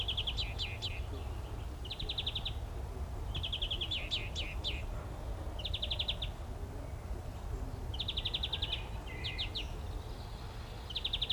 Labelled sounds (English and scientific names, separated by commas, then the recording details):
European Greenfinch (Chloris chloris) song
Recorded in the wild
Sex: male
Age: adult
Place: Summt, Grundstück, Brandenburg, DE
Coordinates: 52.6931, 13.3619
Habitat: garden
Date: 1975-05-04 14:00
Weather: 13°C
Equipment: Uher CR 210, Sennheiser MD 421, Verstärker, Kopie Uher 4200
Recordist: Tembrock, Günter